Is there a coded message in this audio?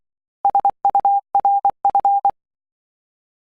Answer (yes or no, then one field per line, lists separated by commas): yes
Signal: Morse code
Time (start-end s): 0.4-2.3 s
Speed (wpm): 24 wpm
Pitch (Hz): 800 Hz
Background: none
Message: SURF